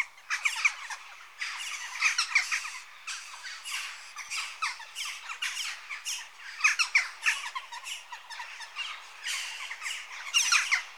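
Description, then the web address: Western jackdaws giving short, harsh, squawking calls from many birds at once, coming in overlapping bursts with brief quieter gaps between them. Adult birds. "The BBC Sound Effects Library - Complete 60 CDs Collection. Jackdaw (Corvus Monedula) Adults"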